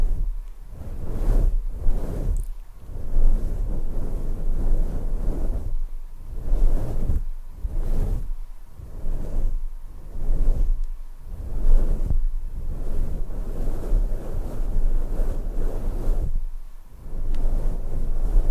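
Scalp massage produces low, rough rubbing strokes that swell and fade in a steady rhythm, roughly every one to two seconds, with brief quiet gaps.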